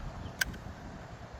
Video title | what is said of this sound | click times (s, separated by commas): Excalibur's NEW Hybrid-X in the Kingdom of Bunjie! | Snaps in place. | 0.4 s